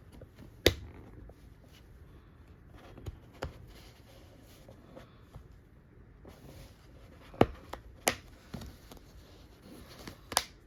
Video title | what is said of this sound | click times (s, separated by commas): "RhinoShield Mod NX Unboxing & Installation: Ultimate Phone Protection!" | so you can see the click sound and all the size the spins that the phone is properly been inserted into the cover | 0.7 s, 7.4 s, 8.1 s, 10.4 s